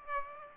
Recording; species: mosquito wingbeat signal from an infrared sensor; Aedes aegypti